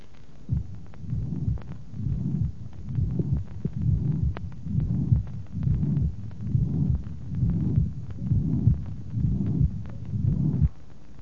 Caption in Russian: Прослушайте звуковую картину на верхушке сердца при недостаточности митрального клапана. Выслушивается ослабление первого тона и систолический шум дующего характера.